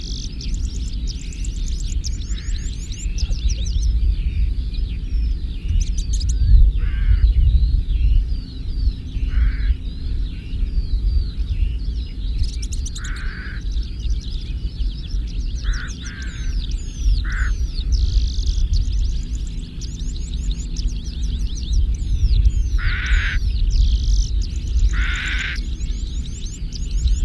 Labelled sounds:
Red-throated Pipit (Anthus cervinus) song

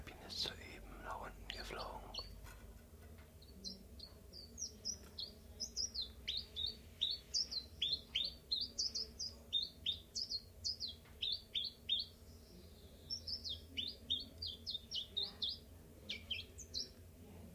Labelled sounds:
Common Chiffchaff (Phylloscopus collybita)

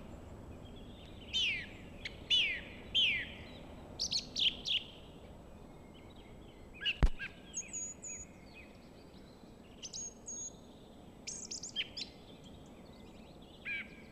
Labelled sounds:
Song Thrush (Turdus philomelos) song

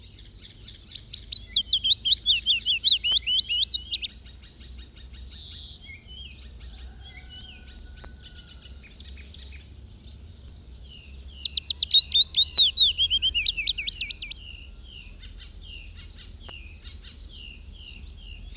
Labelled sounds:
Willow Warbler (Phylloscopus trochilus) song

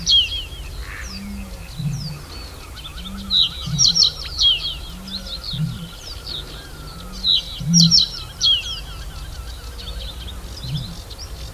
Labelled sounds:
Reed Bunting (Emberiza schoeniclus)

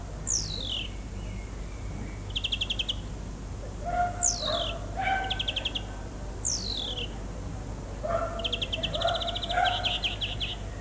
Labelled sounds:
European Greenfinch (Chloris chloris) song

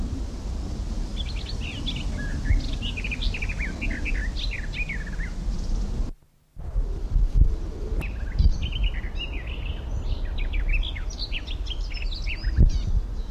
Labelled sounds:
Garden Warbler (Sylvia borin)

